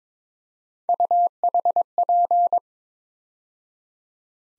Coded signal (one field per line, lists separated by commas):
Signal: Morse code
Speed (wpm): 26 wpm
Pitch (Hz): 700 Hz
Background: none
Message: UHP